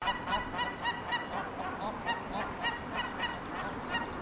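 Paradise shelduck calls: rapid, harsh honking notes repeated about four times a second, steady and insistent throughout.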